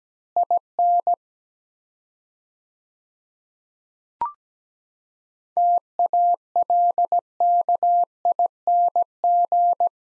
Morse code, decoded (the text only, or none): IN TALKING